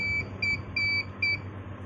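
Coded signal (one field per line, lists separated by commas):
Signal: beep code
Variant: CP Plus DVR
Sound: repeated short high-pitched electronic beeps, four in under two seconds, with pauses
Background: low hum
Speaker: डीवीआरटी विराम के साथ बीप यह शोर कर रहा है। आपने सुना। इस तरह से यह है। विराम के साथ बीप शोर मचाना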